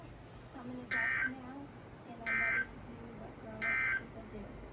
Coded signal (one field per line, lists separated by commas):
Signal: Emergency Alert System (SAME) tones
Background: speech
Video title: One More Alert Explosion (EAS 179-196)